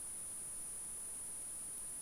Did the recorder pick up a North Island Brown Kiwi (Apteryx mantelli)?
no